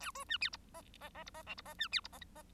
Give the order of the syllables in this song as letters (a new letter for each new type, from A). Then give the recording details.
A B C D E F F F E F G E F C D E F. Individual Bird1